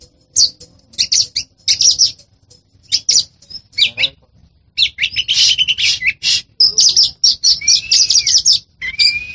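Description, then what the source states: Oriental magpie-robin song: bursts of harsh buzzy notes and sharp chirps high in pitch, broken by short pauses, with a few rising and falling whistles toward the end. A champion bird of this species, in the sense of a contest-winning songbird.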